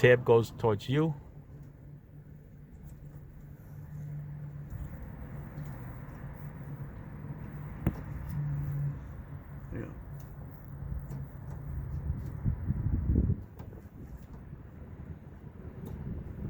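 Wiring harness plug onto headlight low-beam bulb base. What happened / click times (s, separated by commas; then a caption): Plug handled near the bulb, not yet latched / none. Working up through the wheel well of a 2018 Nissan Altima SR, someone handles the wiring harness plug, bringing it toward the back of the new low-beam headlight bulb base to push it on until its plastic latch engages. Someone talks briefly at the start over a steady low hum, with a sharp tap near 7.9 s and short rustling knocks around 13.2–13.7 s. Nothing has seated or clicked yet.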